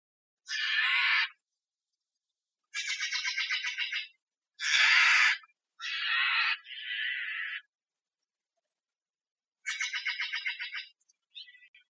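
Steller's jay giving loud, harsh scraping calls, some broken into rapid buzzy pulses, in separate bursts about one to two seconds long with quiet gaps between.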